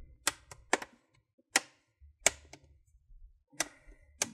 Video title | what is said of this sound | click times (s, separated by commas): How to upgrade RAM on Hp Pavilion 15 Cw Series | twist it go around twisting it and you're going to hear some clicks that's what you want to hear | 0.3 s, 0.7 s, 1.6 s, 2.3 s, 3.6 s, 4.2 s